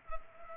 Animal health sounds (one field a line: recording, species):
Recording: mosquito wingbeat signal from an infrared sensor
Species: Culex pipiens